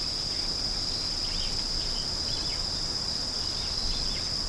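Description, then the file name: Insect song: a constant piercing high drone that never wavers, with quiet, sparse chirps behind it. "singing of insect"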